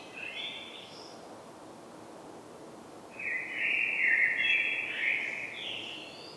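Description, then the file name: Common blackbird: a short fluty note at the start, a pause of two seconds, then a longer rich warbling phrase; faint hiss throughout. "Turdus merula"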